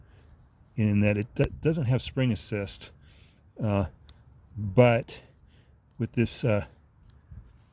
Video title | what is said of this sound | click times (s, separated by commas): My current knife collection | see like that time it didn't go all the way you have to get a pretty good flick on it to get it to lock into place | 7.1 s